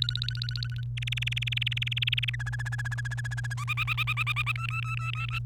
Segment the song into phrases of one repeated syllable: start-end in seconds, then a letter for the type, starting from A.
0.02-0.84 A, 0.97-2.30 B, 2.33-3.54 C, 3.57-4.52 D, 4.55-5.39 E